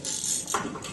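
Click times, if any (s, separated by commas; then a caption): none. A tail ultrasonic flow transducer for a Flexim WaveInjector is handled against its metal transducer mounting plate, with steady broadband hiss and light rattling, then a short sharp knock around 0.5 s. Nothing has seated or locked into the plate yet.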